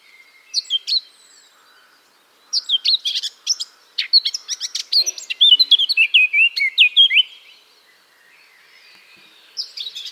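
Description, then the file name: Eurasian blackcap song: quick scratchy warbled phrases breaking into clear fluty whistles, three bursts separated by short pauses, a fourth beginning at the end. "Sylvia atricapilla"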